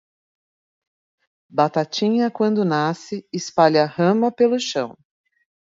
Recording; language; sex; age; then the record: short text; Brazilian Portuguese; female; 50 to 59 years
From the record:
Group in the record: control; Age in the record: 50 years